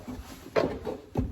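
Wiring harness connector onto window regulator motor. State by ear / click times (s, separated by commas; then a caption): seated / 1.2 s. A wiring harness connector is pushed onto the window motor of a window regulator being installed in a car door. After a duller knock near 0.6 s, it snaps into place with a sharp click at 1.2 s and is seated.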